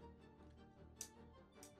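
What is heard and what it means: A 3D-printed plastic snap-fit eye insert, sized to fit exactly, is pushed back into a printed figure's head over steady background music. A sharp click at 1.0 s marks the eye snapping home and locking in place, followed by a softer tap at 1.6 s.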